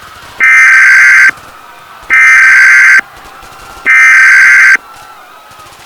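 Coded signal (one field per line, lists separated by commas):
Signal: Emergency Alert System (SAME) tones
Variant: header bursts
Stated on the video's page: Fictional EAS alert tones from a war scenario.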